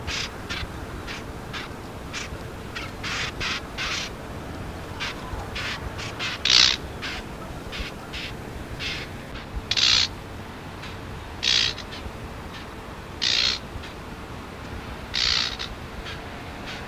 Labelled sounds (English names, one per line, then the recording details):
Common Whitethroat alarm call
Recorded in the wild
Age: diverse
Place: Hannover, Niedersachsen, DE
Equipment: Halbspur, 9,5 cm/s
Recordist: Lütgens, Hans